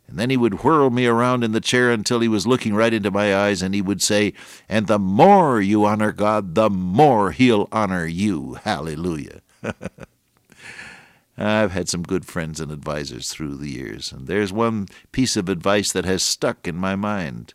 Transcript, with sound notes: And then he would whirl me around in the chair until he was looking right into my eyes and he would say, “And the more you honor God, the more He’ll honor you. Hallelujah.” [chuckle] I’ve had some good friends and advisors through the years, and there’s one piece of advice that has stuck in my mind.